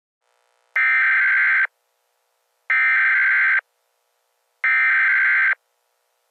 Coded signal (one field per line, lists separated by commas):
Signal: Emergency Alert System (SAME) tones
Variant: header bursts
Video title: EAS Scenario: Time is Ticking